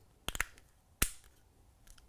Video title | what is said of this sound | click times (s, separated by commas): UV SLIDER 2 UNBOXING (THE FULL LINEUP) | Snaps in place. | 1.0 s